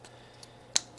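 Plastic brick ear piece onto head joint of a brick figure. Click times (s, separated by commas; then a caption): 0.8 s. A plastic LEGO ear piece for the LEGO Pokémon 2026 Eevee set 72151 is pressed onto the head joint of the brick figure. It snaps into place with one sharp, bright click at 0.8 s, above a few faint ticks. The ear is seated, though the snap is quieter than expected, which is blamed on LEGO making its parts quieter lately.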